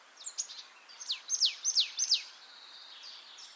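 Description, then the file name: Marsh tit giving a quick series of high, downward-sweeping notes, with fainter notes before and after. "Poecile palustris"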